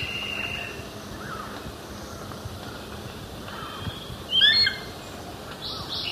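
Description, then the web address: Black hawk-eagle giving a single brief, high whistled call with a sharp rise and fall near the four-and-a-half-second mark, over a steady insect hum. Recorded in Ecuador. "Natures Songs S America Birds of Ecuador. Black Hawk Eagle"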